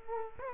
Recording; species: mosquito wingbeat signal from an infrared sensor; Culex quinquefasciatus